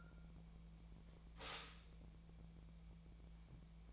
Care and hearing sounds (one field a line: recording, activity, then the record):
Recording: daily activity, microphone in the room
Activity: stop toaster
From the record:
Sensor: 1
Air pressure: 1000.3 hPa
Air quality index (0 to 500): 157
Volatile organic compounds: 3 ppm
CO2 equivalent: 1470 ppm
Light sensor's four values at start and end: 29/73/30/36 and 29/72/30/36